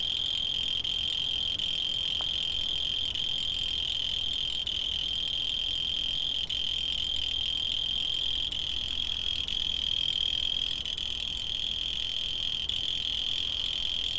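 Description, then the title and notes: Cricket giving a continuous high, steady trill throughout, with faint low background hum. Field recordings made in Tavira, Tangier, Lima and Bhubaneswar. "ACA - Grabaciones de campo. Grillo 2. grabaciones hechas en tavira, tangier, lima, bhubanshwar"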